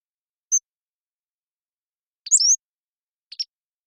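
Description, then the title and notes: Pacific-slope flycatcher song in three parts: a short pure high note, a sliding sweeping phrase, then a quick clipped two-note ending, over a silent background. Long song sequence captured with a parabolic microphone, with natural rhythm and pace. "Pacific-Slope Flycatcher, Empidonax difficilis"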